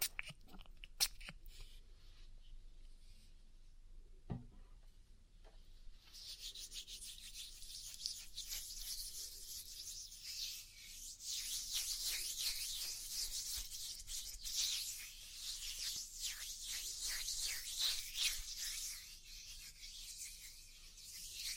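Oil ear massage: after a few seconds of quiet broken by sharp taps and clicks, a steady slick rubbing begins around six seconds and fills the rest. The strokes come in quick, uneven bursts of bright swishing with soft squelching textures underneath.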